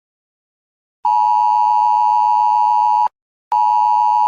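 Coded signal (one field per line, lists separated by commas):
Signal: Emergency Alert System (SAME) tones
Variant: 853 and 960 Hz attention tone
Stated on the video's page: Made-up EAS segment for a fictional scenario.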